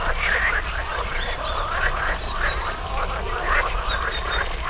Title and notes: 05.07.18 Rane allOrto Botanico. small pond populated with frogs croaking on spring mornings. Recorded for the Zona U sound mapping project